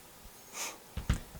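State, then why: Seated. With the striker and extractor spring held down, a metal slide cover plate is pushed along the back of a pistol slide. A soft hiss rises around 0.6 s and a low knock sounds near 1.0 s before the plate snaps into place with a sharp click at 1.1 s, seating it.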